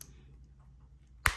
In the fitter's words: and push forward and it locks into place.